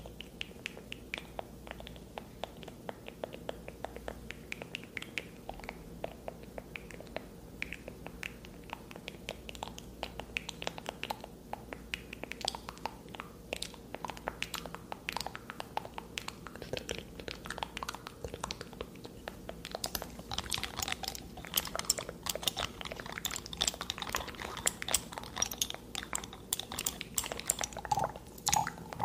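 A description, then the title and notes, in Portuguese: Dense tapping and wet mouth sounds crackle continuously, with a soft steady low hum underneath. The clicks come quick and irregular, growing busier and sharper in the last third. ASMR caótico e rápido com muitos gatilhos.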